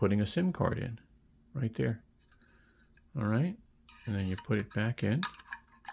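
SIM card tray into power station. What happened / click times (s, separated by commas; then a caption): The small tray is handled but has not yet seated / none. A SIM card is put into a SIM card tray on a power station, and the tray is handled to go back into the unit while someone talks. Faint clinks and small handling sounds come between the words. Nothing has seated or clicked yet.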